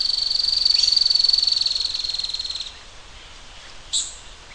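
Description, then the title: Bird trill: a fast-pulsed high buzzy trill fading out after under three seconds, then a single sharp chirp. "LuckyPassaro Completos2Sama"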